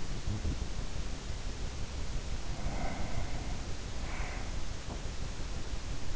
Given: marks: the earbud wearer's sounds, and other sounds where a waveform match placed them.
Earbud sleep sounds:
sounds in sleep by an in-ear microphone; breath
2.44-4.96 s: breath

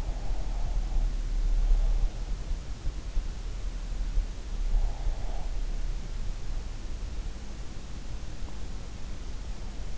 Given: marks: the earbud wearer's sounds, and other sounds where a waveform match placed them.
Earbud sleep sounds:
sounds in sleep by an in-ear microphone; breath
0.00-2.39 s: breath
4.72-5.72 s: breath

